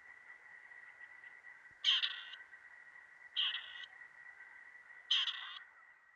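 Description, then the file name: Grey partridge calls: three harsh rasping bursts spaced a little under two seconds apart over a steady faint background tone. "kuropatwa"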